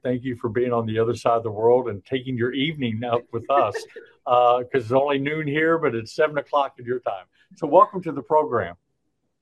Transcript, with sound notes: Thank you for being on the other side of the world and taking your evening out with us.
(laughs)
Uh, 'cause it's only noon here, but it's seven o'clock in your time. So welcome to the program.